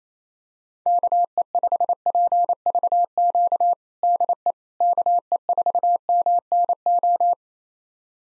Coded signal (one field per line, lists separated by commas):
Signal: Morse code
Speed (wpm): 27 wpm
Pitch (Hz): 700 Hz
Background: none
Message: KE5PVQ DE KE4MNO